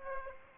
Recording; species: mosquito wingbeat signal from an infrared sensor; Aedes aegypti